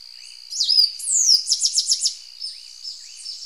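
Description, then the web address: Tricolored brush-finch song: two high slurred whistles, then a quick series of five or six sharp notes, with soft chips after. Ecuador, South America. "Birds of Ecuador. Tricolored Brush-Finch"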